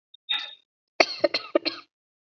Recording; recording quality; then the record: shallow voluntary cough; excellent, no background noise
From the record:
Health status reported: healthy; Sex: female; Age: 23 years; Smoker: no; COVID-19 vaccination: both doses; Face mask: not worn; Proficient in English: yes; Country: India